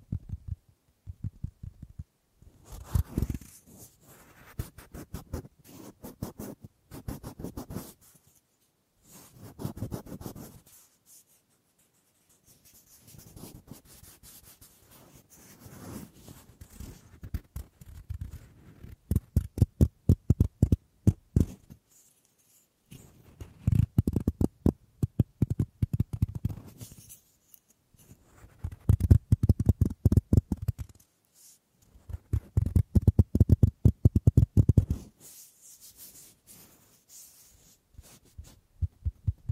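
Wood triggers: clusters of quick dry taps, scratches and rubbing, coming in bursts of a few seconds separated by short silences. The sounds are low and woody with some crisp clicks, growing denser and louder in the second half, especially around 24–36 seconds.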